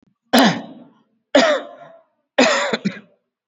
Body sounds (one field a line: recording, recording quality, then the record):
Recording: heavy voluntary cough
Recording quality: excellent, no background noise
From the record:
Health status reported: COVID-19 positive, mild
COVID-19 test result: positive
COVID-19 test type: RT-PCR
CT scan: not taken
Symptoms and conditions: cough, cold, sore throat, muscle pain, loss of smell and taste, hypertension, ischaemic heart disease, another condition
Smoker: no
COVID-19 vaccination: both doses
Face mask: worn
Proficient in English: yes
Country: India